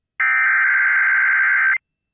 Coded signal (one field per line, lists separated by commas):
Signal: Emergency Alert System (SAME) tones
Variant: header bursts